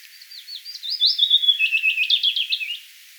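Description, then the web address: Willow warbler song, clear and loud: a liquid phrase of quick notes stepping down the scale. 10 May 2025; the bird comes gradually closer while singing and ends right beside the recorder. "paivat 10 5 2025 pajulintu tulee vahitellen lahemmaksi laulamaan ja on lopuksi aivan vierella"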